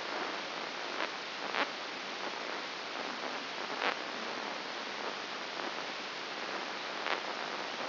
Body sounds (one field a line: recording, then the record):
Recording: brain microelectrode recording played as sound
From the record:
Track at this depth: outside the subthalamic nucleus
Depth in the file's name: 5.901 mm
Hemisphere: left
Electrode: 2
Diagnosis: Parkinson's disease